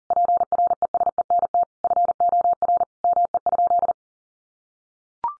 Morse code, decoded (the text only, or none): PRESENT FOR ME?